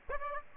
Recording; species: mosquito wingbeat signal from an infrared sensor; Aedes aegypti